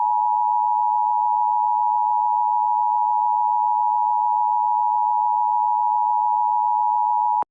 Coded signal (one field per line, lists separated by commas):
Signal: Emergency Alert System (SAME) tones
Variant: 853 and 960 Hz attention tone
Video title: EAS Scenario: The Deadly 2029 Virus (Part 1/2)